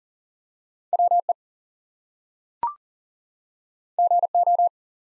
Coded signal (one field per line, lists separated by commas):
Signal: Morse code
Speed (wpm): 40 wpm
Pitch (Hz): 700 Hz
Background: none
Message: WE GO